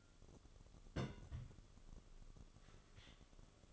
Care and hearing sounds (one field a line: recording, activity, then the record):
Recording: daily activity, microphone in the room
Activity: place on stove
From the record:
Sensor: 4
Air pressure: 1008.7 hPa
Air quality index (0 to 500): 109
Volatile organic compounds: 1 ppm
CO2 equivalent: 811 ppm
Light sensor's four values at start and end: 10/22/9/8 and 10/22/9/8